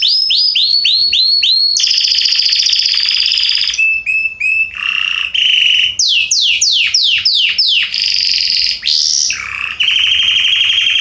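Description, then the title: Belgian canary in full song: chirp runs, buzzy rolls, level whistles and steep falling notes, the phrases changing every second or two. Male Belgian canary named Salsa singing very strongly and a lot; used to warm up young birds. "Esquente Seu Filhote E Canario Belga Em 30 Minutos Macho Cantando Muito. Canrio Belga Salsa cantando muito forte"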